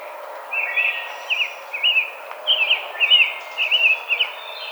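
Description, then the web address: Rose-breasted grosbeak singing a steady string of sweet, rolling warbled phrases, each note slurred up and down. Recorded 5 May 2007. "Rose-breasted Grosbeak 2007 05 05"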